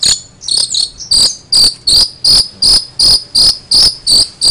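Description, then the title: Long-tailed shrike song: harsh, high chirps repeated steadily, each a short buzzy burst. Song used as a master training recording, containing imitated lovebird phrases and fighting sparrow phrases. "Suara Burung Cendet Isian Lovebird dan Gereja Tarung"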